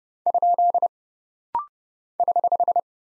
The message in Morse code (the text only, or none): ? <HH>